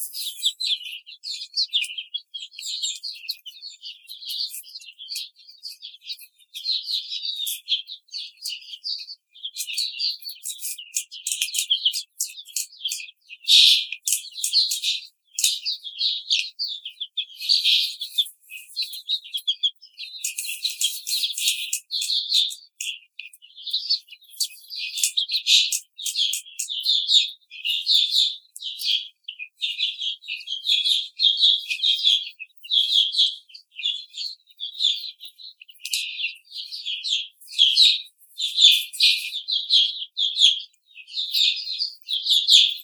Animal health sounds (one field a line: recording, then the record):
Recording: young laying hens in a cage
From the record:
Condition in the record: treatment cage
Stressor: simulated dog barking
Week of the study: 5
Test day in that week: 1